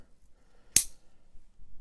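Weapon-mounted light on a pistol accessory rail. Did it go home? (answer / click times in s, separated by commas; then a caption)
yes / 0.8 s. A weapon-mounted light is clipped onto the accessory rail of a CZ SP01 Tactical pistol frame, giving a single sharp, bright snap at 0.8 s over near silence. The light is seated, locking in firmly with no wiggle and sitting more stable than on a plastic-framed Glock.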